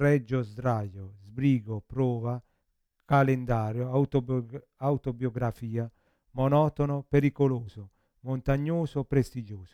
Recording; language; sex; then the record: read list of words; Italian; male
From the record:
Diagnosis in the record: Parkinson's disease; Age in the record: 50 years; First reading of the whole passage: 72 s, 7.2 characters per second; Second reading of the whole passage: 54 s, 9.6 characters per second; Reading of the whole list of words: 40 s, 7.1 characters per second